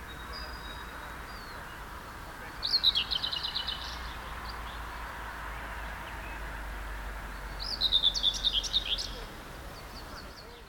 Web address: linnut pensaskerttu